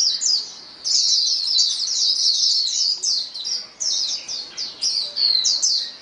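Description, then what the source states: Many white-eyes in a busy chorus of shrill, squeaky chirps and quick trills, the twittering swelling and dipping in short surges. A chorus of many white-eyes singing together.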